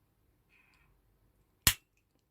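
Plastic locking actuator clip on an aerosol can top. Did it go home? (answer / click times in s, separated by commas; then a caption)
yes / 1.7 s. The plastic locking actuator clip on top of an A/C cleaner aerosol can, used for cleaning the air con on a BMW E89, is pressed down and in. A single sharp, loud snap is heard at 1.7 s as the clip locks into the spraying position.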